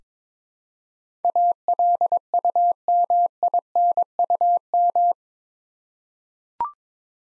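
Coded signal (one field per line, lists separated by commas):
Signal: Morse code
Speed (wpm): 22 wpm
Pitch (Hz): 700 Hz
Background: none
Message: ALUMINUM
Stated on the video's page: Morse practice drill at 22 wpm sending 8-letter words for head-copy; first letters spoken, word sent, spoken, then sent again.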